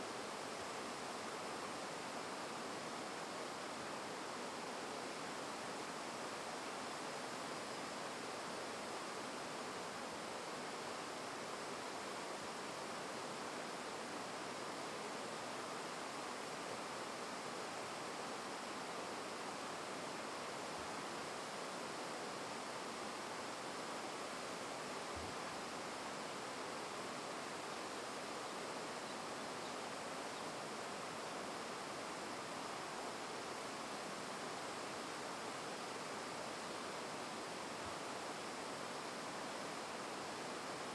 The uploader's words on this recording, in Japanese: 二ヶ領宿河原堰瀑布。人工的に水が流れて落とされている「堰」の音。東京都狛江市と神奈川県川崎市にある二ヶ領宿河原堰の音を録音してきました。